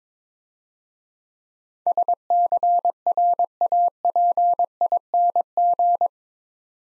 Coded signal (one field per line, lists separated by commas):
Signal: Morse code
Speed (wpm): 21 wpm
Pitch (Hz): 700 Hz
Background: none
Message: SCRAPING